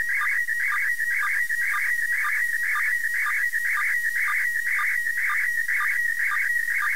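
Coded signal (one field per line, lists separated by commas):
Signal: SSTV (slow-scan television)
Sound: warbling, scratchy tone around 2 kHz with short low sync blips about twice a second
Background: radio hiss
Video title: DECODIFICANDO TRANSMISSÃO SSTV DA ISS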